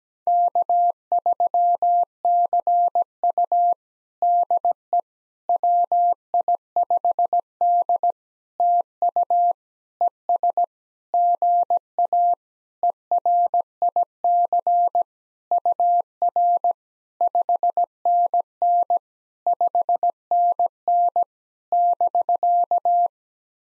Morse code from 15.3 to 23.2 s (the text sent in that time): UR 5NN 5NN <BK>